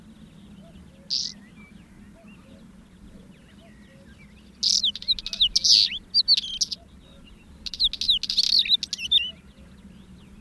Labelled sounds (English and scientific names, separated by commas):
Northern Wheatear (Oenanthe oenanthe) song